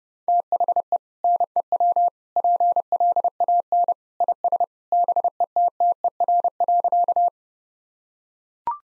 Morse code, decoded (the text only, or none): THE NEW PLAN IS BETTER.